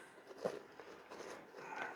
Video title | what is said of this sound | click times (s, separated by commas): Lamicall Waterproof Bike Frame Bag with Screen for Phones up to 7" - Unboxing | Wow, that locks in place. | 0.8 s